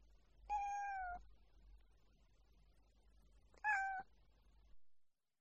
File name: audio hero Cat